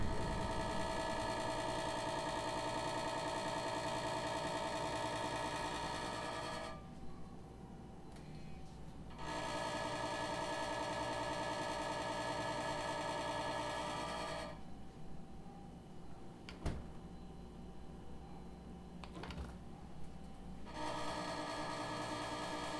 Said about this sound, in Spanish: Así suena mi refrigerador.